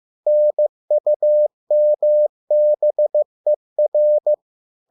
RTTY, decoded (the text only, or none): none